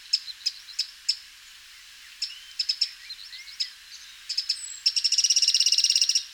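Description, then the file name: Eurasian wren calls: scattered single ticks with faint thin chirps between, ending in a fast, even rattle of hard notes. "Troglodytes troglodytes"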